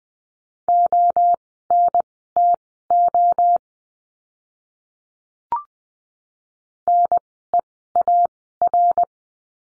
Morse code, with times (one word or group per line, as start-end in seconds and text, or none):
0.7-3.6 ONTO
6.9-9.0 NEAR